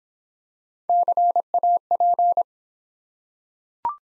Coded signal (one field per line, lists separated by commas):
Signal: Morse code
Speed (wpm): 26 wpm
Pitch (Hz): 700 Hz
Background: none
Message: CAP